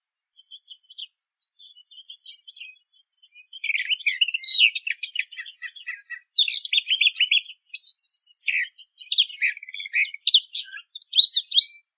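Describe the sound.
Eastern Orphean warbler song: soft scattered notes at first, then bursts of quick, varied, scratchy warbling with short pauses between phrases, in a quiet background.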